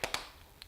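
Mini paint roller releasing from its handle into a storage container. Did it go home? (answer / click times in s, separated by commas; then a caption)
released / 0.0 s, 0.1 s. A paint-loaded mini roller sits in its plastic storage container as its handle is clicked off so the roller stays inside, giving two sharp clicks at 0.0 and 0.1 seconds. A fainter, shorter tap follows at 0.6 seconds, likely the container lid shutting. The roller is released from the handle.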